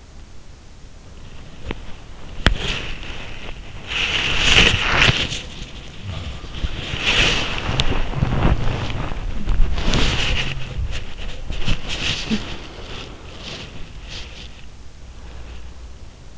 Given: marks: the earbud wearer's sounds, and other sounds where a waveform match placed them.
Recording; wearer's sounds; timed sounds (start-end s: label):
sounds in sleep by an in-ear microphone; body movement
1.60-16.38 s: body movement